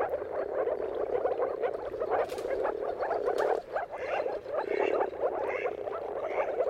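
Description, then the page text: Moor frog chorus of bubbling croaks, with a few brighter, higher calls standing out briefly near the end. Chorus of many moor frogs giving mating calls at sunrise at the turn of March and April, its timing depending on the weather. "Dawn’s Chorus: Mating Calls of Marsh Frogs at Sunrise. Depending on the weather at the turn of March and April, you can witness an amazing spectacle of moor frogs. Jakub-Orzecki moor frogs"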